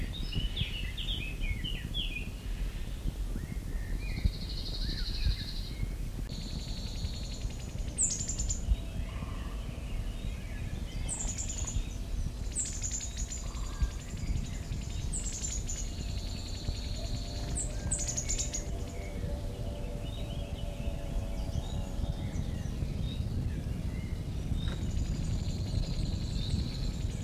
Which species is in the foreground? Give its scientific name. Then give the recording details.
Emberiza cirlus. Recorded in the wild. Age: adult. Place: Görz, IT. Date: 1968-06-02. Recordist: Brunner, Thomas. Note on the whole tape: Aufnahme: Nähe von Görz, Italien